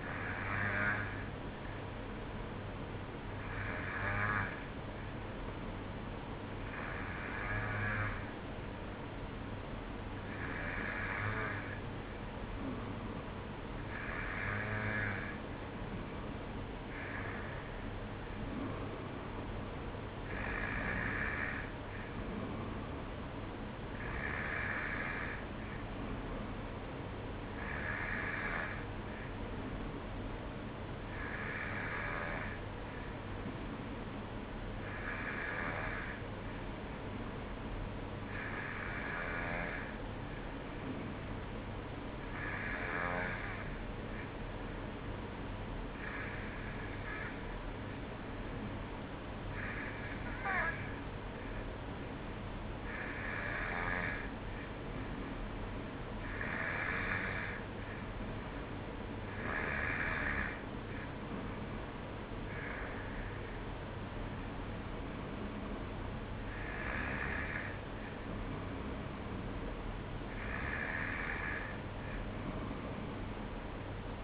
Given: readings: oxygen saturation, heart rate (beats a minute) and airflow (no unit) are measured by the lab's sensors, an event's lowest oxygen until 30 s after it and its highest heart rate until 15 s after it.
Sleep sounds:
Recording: breathing in sleep by a voice recorder at the bedside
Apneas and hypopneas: 1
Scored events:
33.00-60.60 s: hypopnea (N2, oxygen 93% highest, then 92% lowest, heart rate 54 at the start, 59 highest)
71.00-74.24 s: new sleep stage, N1 (lightest sleep)
From the record:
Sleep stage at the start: N2 (light sleep)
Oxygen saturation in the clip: 92 to 93%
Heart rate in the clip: 54 to 59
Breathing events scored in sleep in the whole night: 305 in 9.6 hours asleep

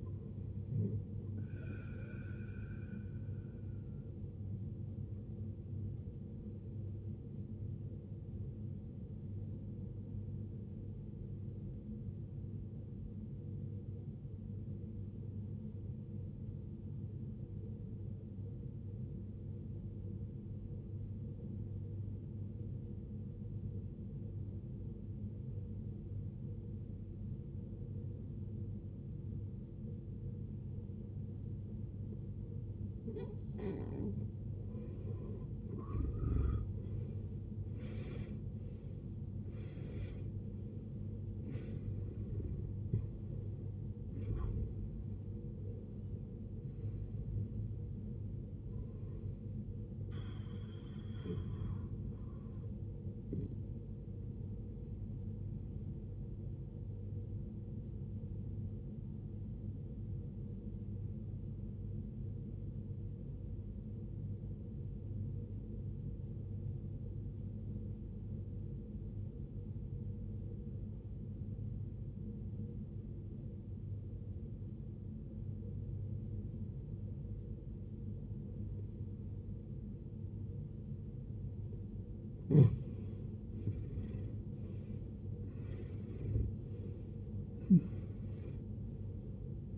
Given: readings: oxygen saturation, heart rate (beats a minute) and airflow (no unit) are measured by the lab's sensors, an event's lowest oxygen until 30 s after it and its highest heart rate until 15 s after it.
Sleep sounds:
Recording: breathing in sleep by a smartphone at the bedside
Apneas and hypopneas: 2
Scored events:
4.00-36.40 s: hypopnea (N1, oxygen 95% highest, then 74% lowest, heart rate 55 at the start, 78 highest)
14.00-44.00 s: new sleep stage, N2 (light sleep)
44.00-89.78 s: new sleep stage, N1 (lightest sleep)
61.00-82.90 s: obstructive apnea (N1, oxygen 94% highest, then 75% lowest, heart rate 62 at the start, 80 highest)
From the record:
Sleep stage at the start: N1 (lightest sleep)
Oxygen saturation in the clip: 74 to 95%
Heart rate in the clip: 53 to 80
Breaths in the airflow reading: 11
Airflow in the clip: -20.2 to 19.4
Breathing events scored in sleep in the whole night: 389 in 6.3 hours asleep

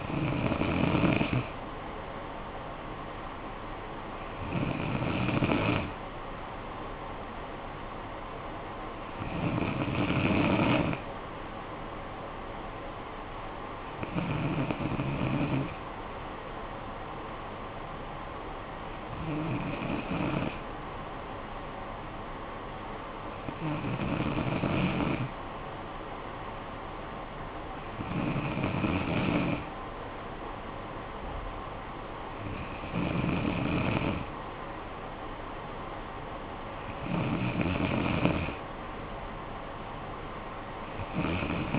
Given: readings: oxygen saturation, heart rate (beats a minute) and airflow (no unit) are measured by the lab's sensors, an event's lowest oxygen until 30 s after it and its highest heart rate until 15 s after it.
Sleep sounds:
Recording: breathing in sleep by a voice recorder at the bedside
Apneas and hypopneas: none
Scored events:
none scored
From the record:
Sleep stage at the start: N2 (light sleep)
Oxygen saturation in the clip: 94 to 95%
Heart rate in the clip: 52 to 61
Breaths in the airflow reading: 9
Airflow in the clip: -10.3 to 6.2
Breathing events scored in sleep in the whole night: 445 in 7.6 hours asleep

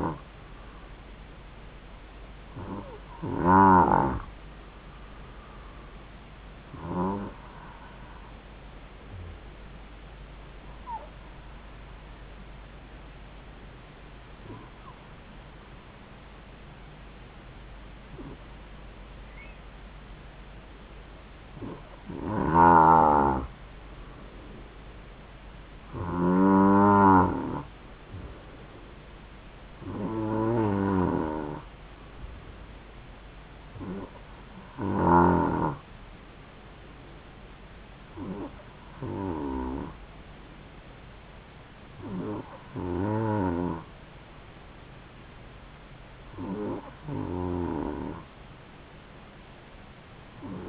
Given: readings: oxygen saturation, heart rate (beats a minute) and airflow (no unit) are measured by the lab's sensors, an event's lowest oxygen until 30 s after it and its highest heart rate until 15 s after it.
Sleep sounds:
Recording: breathing in sleep by a voice recorder at the bedside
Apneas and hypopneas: 1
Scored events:
12.00-27.40 s: hypopnea (N2, oxygen 94% highest, then 91% lowest, heart rate 67 at the start, 71 highest)
12.00-42.00 s: new sleep stage, N3 (deep sleep)
42.00-50.69 s: new sleep stage, N2 (light sleep)
From the record:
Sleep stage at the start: N2 (light sleep)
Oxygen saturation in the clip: 91 to 94%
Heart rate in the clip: 66 to 71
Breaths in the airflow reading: 13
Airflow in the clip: -3.9 to 5.4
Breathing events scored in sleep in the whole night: 270 in 6.1 hours asleep

